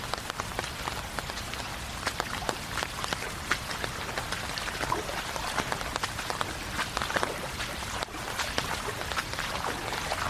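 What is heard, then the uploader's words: Rain falls steadily during a walk around the neighborhood, a dense hiss with frequent sharp drops and taps scattered throughout. The level stays even across the ten seconds, with a brief dip just after the eighth second before the patter resumes. Long Walk In The Rain Around The Neighborhood.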